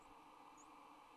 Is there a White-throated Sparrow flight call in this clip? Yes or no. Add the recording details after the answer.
no. Another species' flight call is heard. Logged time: 08:19 on 26 November 2014